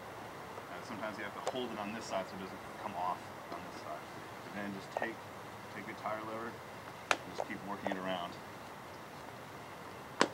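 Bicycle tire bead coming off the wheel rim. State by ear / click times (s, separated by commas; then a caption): released / 10.2 s. Someone talks while a tire lever is worked around between a rubber tire and a bicycle wheel rim to lift the bead over the rim edge, with light scraping and rustling throughout. At 10.2 s, a sharp pop is heard as the bead comes off the rim, releasing the tire.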